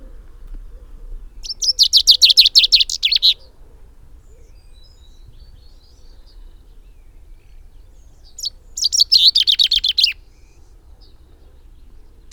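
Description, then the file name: Common chaffinch song, a bright rapid trill of notes, heard twice about seven seconds apart. "Fringilla coelebs"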